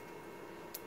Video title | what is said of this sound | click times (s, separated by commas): Keyence Microscope | and until it clicks so now we've got the new lens | 0.8 s